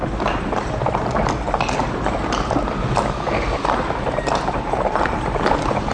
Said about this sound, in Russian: Лошади измучились. Мы продрогли, извозчики с криком и бранью колотили лошадей, которые фыркали, упирались и не хотели ни за что в свете тронуться с места.